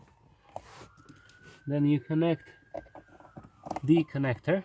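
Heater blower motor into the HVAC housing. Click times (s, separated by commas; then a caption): 0.6 s. A new blower fan motor for a VW Sharan 7N / Seat Alhambra is inserted from inside the footwell and turned until it clicks into its plastic HVAC housing, seating at 0.6 s with a single sharp click. Someone talks afterward, over a faint steady tone and a few light knocks.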